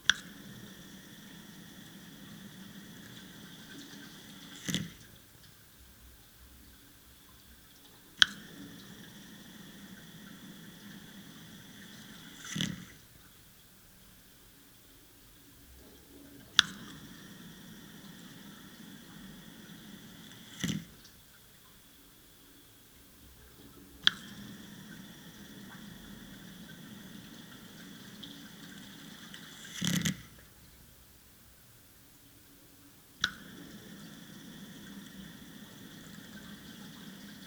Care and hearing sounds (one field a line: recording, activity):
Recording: daily activity, guitar pickup as the sensor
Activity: flush